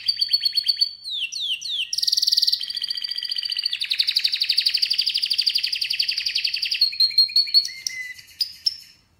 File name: Canary Voice